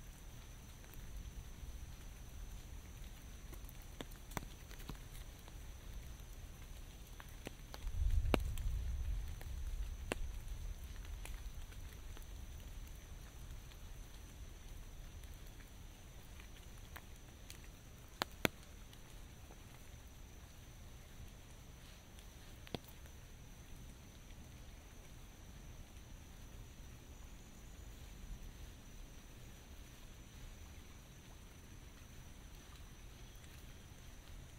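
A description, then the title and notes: Light rain falls steadily in a forest, a soft even hiss with scattered sharp drips, and a low rumble swelling briefly around eight seconds. Walking Through A Forest. Sounds of a forest during light rain.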